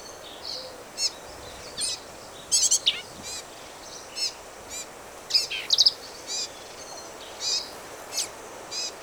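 Black-capped vireo song of abrupt, harsh, high-pitched phrases, some rapid stuttering clusters, delivered every second or so over a steady hiss.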